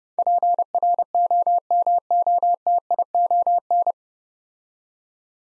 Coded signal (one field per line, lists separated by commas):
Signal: Morse code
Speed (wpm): 30 wpm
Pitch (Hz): 700 Hz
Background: none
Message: PROMOTION